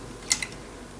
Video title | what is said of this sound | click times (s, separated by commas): Custom DotM Leader Ironhide by Red Wing Bot Creations | you go on there and that just snaps right in it's | 0.3 s